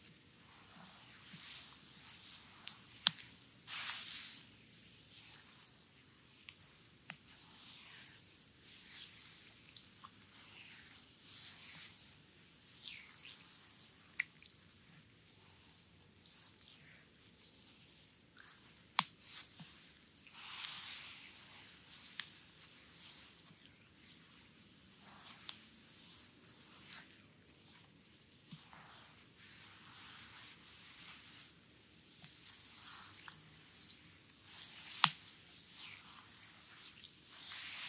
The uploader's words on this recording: ASMR Visceral Front Massage (stomach, belly, abdominal) . Asian style asmr.